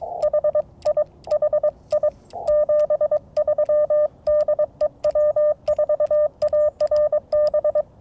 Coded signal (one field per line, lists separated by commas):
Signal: Morse code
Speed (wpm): 22 wpm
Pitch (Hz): 1200 Hz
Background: none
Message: HI HI 73 DE W4ARB